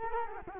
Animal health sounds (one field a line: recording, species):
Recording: mosquito wingbeat signal from an infrared sensor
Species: Culex quinquefasciatus